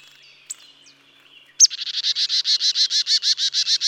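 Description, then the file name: Marsh tit: a couple of sharp high notes, then a rapid, steady series of buzzy, nasal notes. "Poecile palustris"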